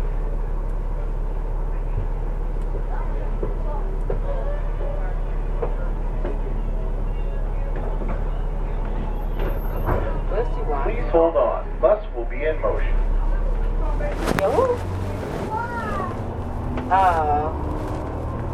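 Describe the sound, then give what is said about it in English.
Inside a moving bus: a steady low engine rumble with muffled voices throughout, then a sudden broad hiss of air about three-quarters of the way in, followed by wavering tones over the drone. “Please hold on. Bus will be in motion.”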